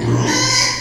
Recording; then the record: squeal of a Yucatan mini pig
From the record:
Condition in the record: before surgery on the right vocal fold (resection and tissue-engineered implant); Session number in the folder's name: 2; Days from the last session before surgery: 0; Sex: male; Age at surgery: 12 weeks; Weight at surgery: 13 kg